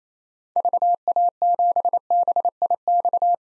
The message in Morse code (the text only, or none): VA7BIX